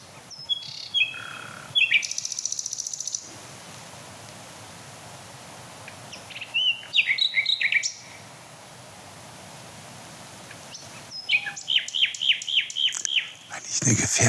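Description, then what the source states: Common Nightingale song: bursts of rapid repeated notes, high whistles and rattling trills separated by pauses, ending in fast chattering phrases over faint background hiss. Male.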